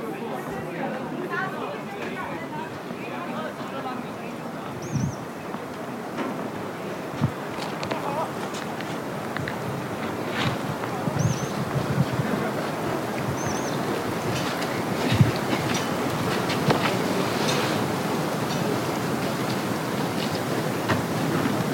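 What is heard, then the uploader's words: A soundscape from a hike up to Everest Base Camp: a dense, steady murmur of overlapping voices and chatter fills the clip, dotted with clicks and knocks. Brief high chirps, like small birds, appear around five, eleven and thirteen seconds. From Lukla to Everest Base Camp & Kalapathar. A Soundscape composition using geo-located recordings chronologically depicting my hike up to Everest Base Camp during Sep./Oct.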